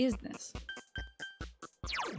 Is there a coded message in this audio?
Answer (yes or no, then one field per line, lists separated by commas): no